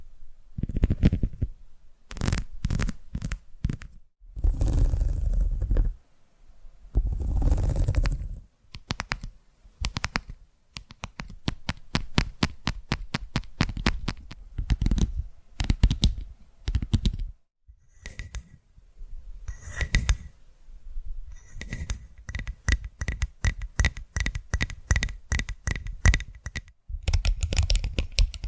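ASMR tapping: crisp fingertip taps come in irregular bursts and quick rapid runs, separated by brief silences. Softer rustling, scratchy passages break in around five, eight and twenty-six seconds, and a faint thin ringing tone rides under the taps after eighteen seconds.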